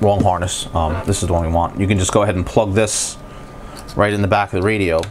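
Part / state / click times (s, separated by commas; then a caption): wiring harness plug into back of car radio / not seated / none. A plastic wiring harness plug is handled at the back of a car radio while someone talks. Nothing has seated or clicked yet.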